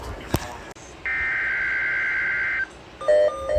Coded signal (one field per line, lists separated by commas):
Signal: Emergency Alert System (SAME) tones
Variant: header bursts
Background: speech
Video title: EAS alerts from 5/12/24